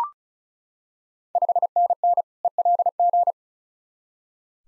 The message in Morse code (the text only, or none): 5NN ELG